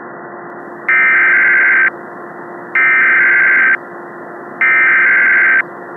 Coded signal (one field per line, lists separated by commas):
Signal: Emergency Alert System (SAME) tones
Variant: header bursts